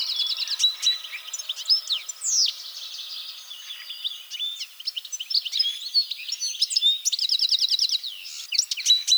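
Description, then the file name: European goldfinch song, busy sequence of twitters, slurred whistles and buzzy notes, with two rapid trilled runs, sounding continuously throughout. "Carduelis carduelis"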